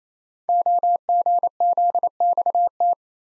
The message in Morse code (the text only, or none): OGZXT